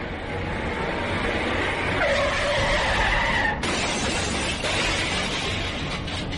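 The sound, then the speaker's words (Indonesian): A truck loaded with iron building materials brakes suddenly, its brakes squealing in a rising, wavering screech over a steady roar of engine noise, then a sudden loud crash with shattering as it slams into a car in front of a salon. “Acara tahlilan berlangsung hikmat, tapi begitu setelah penutup terjadi kecelakaan di depan salon.”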